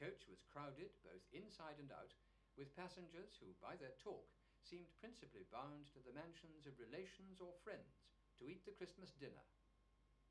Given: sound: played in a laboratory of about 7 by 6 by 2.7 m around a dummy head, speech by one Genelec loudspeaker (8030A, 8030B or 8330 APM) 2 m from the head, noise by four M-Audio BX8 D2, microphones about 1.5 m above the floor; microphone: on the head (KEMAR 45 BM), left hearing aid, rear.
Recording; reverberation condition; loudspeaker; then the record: male speech in English; low; 90 degrees to the left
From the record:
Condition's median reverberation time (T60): about 310 ms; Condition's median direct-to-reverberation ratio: about 3.5 dB